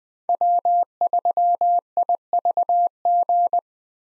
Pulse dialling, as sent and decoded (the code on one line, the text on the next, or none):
none